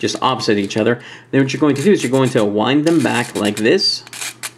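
Someone talks while winding a plastic gorilla toy's arm back toward its wind-up lock in the figure body, with faint handling rubs under the voice. Nothing has seated or clicked yet by the end of the clip.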